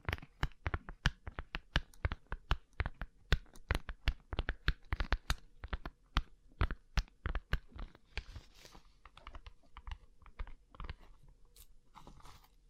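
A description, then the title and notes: Tapping on rhinestone-covered surfaces produces a fast run of sharp, crunchy clicks, packed closely for the first eight seconds. After that the taps thin out and soften into lighter scratching and rustling, with a few brighter clicks near the end. ASMR Rhinestone Covered Tapping 3Dio (No Talking).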